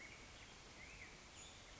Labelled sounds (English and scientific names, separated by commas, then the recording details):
Black-headed Grosbeak (Pheucticus melanocephalus)
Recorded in Sonoma County, California